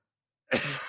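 A single cough from an adult man with a sore throat and swollen bronchi, who has had no fever.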